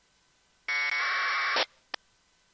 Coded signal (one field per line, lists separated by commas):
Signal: packet radio (AX.25, as in APRS)